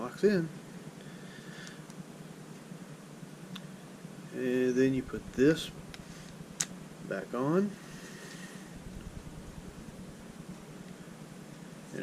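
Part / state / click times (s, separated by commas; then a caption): battery door onto camera body / seated / 6.6 s. A battery compartment cover is put back onto a SiOnyx Aurora camera body while someone talks. A sharp click at 6.6 s marks the cover snapping back on and locking in place.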